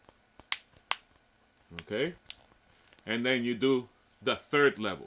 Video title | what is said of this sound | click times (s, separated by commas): I wasn't expecting this fanny pack to work this well | You snap the second level. | 0.5 s, 0.9 s